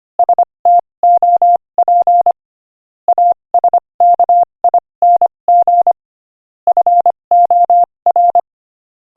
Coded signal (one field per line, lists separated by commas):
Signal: Morse code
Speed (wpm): 26 wpm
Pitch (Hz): 700 Hz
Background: none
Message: STOP ASKING FOR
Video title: Morse Code Practice: 25 wpm Inspirational Quote 17